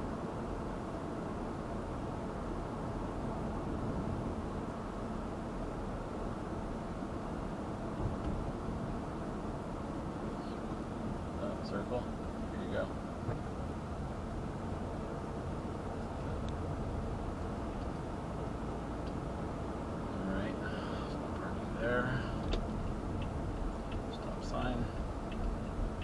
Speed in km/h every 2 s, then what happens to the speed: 40, 40, 40, 39, 35, 29, 19, 19, 23, 27, 31, 29, 26.
0-12 slows to 19. 15-19 speeds up to 31.